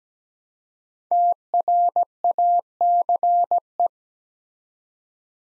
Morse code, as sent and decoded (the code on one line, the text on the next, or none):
- .-. .- -.-. .
TRACE